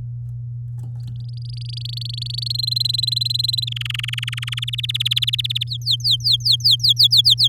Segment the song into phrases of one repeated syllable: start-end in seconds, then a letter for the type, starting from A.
1.07-2.44 A, 2.46-3.65 B, 3.67-4.60 C, 4.62-5.64 D, 5.67-7.48 E